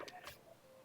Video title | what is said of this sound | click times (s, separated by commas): How to Change Festool's Track Saw Blades | until it you're going to hear a click it's a very audible click once it hits | 0.1 s